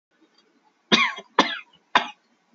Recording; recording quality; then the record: shallow voluntary cough; excellent, no background noise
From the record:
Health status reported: healthy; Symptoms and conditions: hypertension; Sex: male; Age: 28 years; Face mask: not worn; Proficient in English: yes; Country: India